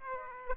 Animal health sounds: mosquito wingbeat signal from an infrared sensor; Aedes aegypti

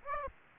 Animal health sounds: mosquito wingbeat signal from an infrared sensor; Aedes aegypti

